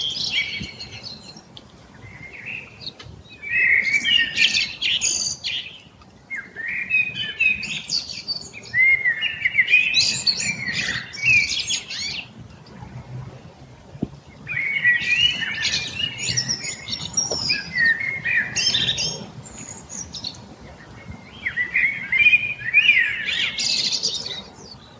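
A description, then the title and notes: Birdsong rings out in bright, rapid phrases of chirps and trills, arriving in bursts every few seconds with short pauses between. The singing is clear, set over a soft, steady low rumble of background noise outdoors. Birdsong - Leyland Road.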